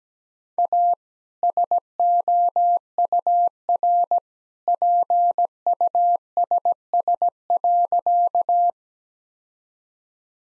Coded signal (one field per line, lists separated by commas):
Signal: Morse code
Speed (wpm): 17 wpm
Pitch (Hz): 700 Hz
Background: none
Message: A SOUR PUSS.